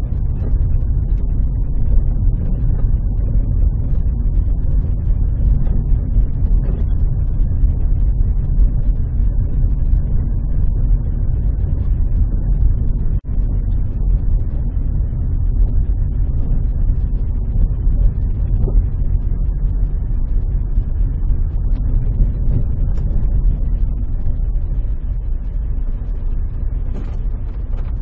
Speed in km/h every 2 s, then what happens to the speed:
17, 16, 16, 16, 16, 15, 14, 14, 14, 14, 13, 10, 7, 7.
0-19 steady at about 15. 19-23 slows to 7.